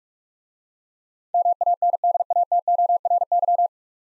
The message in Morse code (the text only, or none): MANDATORY